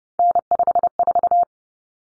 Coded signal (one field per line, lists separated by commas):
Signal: Morse code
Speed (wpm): 30 wpm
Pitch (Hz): 700 Hz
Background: none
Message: N54